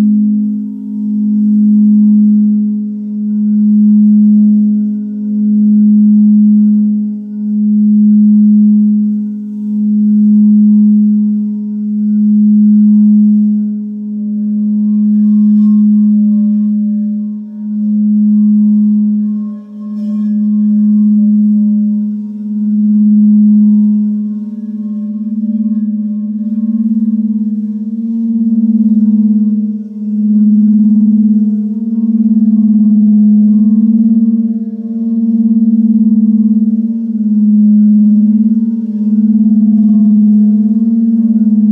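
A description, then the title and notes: A crystal bowl rings in a low, steady drone that pulses gently about every two seconds, swelling and fading without stopping. Fainter higher tones shimmer above it, and after about twenty-five seconds the tone grows louder and wobbles slightly in pitch. The soothing sounds of crystal bowls and gongs.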